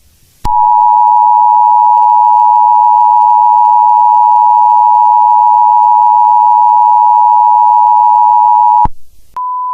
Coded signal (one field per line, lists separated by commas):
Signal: Emergency Alert System (SAME) tones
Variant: 853 and 960 Hz attention tone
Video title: 1997 ITBS EAS Alert